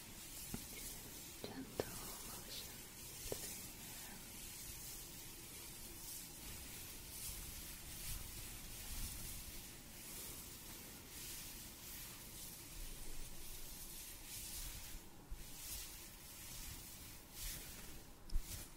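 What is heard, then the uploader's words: A scalp and face massage with oil, heard as a steady, dense rustling and soft rubbing that runs the whole time without pause. Hissy, bright brushing strokes swell and fade every second or so, with a low rumble underneath and a few sharper taps near the start. ASMR Relaxing Scalp Massage & Face Massage with Oil.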